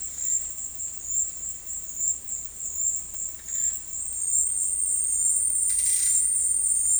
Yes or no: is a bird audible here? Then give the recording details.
no. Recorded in dense forest near Puerto Asís, Putumayo, Colombia, on 19 February 2024 at 12:30. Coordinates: 0.484, -76.317. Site G6464